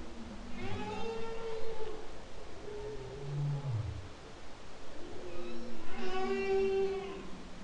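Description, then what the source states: Humpback whale song: harmonic, moaning cries with a descending low groan midway, then a bright sustained whine, over underwater background rumble. Song, October 2012.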